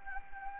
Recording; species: mosquito wingbeat signal from an infrared sensor; Anopheles gambiae